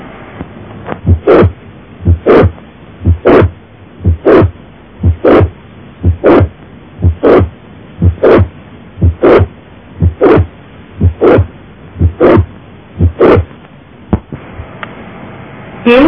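Heart sound with a late systolic murmur, beats at about 60 per minute.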